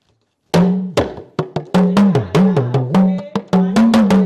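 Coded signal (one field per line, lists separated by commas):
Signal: talking drum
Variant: Yoruba gangan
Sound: rapid series of resonant drum strokes whose pitch slides up and down like speech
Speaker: this is just a welcoming drumming to welcome people to events and it goes Cabo ready and um okay here we go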